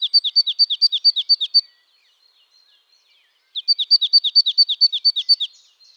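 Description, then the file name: Marsh tit calling in two rapid bursts of about ten sharp, high chipping notes each, separated by a two-second pause, in otherwise quiet surroundings. "Poecile palustris"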